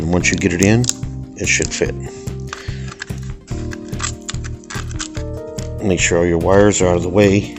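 Someone talks while handling an internal component of a Chromebook during reassembly, with the wires kept out of the way, as music plays underneath. Several short, sharp taps sound between about 2.5 and 5.0 seconds. Nothing has seated or clicked into the chassis yet.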